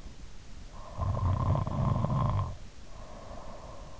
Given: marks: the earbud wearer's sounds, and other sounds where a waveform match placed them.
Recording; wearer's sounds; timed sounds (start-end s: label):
sounds in sleep by an in-ear microphone; snoring breath
0.51-3.98 s: snoring breath